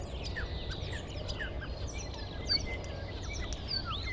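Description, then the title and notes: Common starling song, a busy mix of high chirps, clicks and short descending whistles over a steady low rumble of background noise. Starlings outside a window in rural Goworów, Poland, mimicking other bird species rather than car alarms; recorded with Zoom F4 and AT BP4025. "Goworów 6, 57-515, Poland - Starlings mimicking other species. Zainstalowały mi się za oknem szpaki i udają najróżniejsze inne dźwięki. Obok wcale nie ma stawu - to szpaki udają żaby. Tak samo z wołaniem żurawi - to słabsze głosy, ale ewidentny zaśpiew żurawia"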